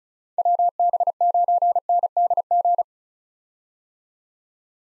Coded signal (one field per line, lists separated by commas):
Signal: Morse code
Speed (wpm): 36 wpm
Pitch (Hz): 700 Hz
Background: none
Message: WB9NDG